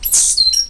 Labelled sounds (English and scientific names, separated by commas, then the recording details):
Stitchbird (Notiomystis cincta) song
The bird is a male
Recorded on Tiritiri Matangi Island, New Zealand, in 2005
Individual 8, of nest box 10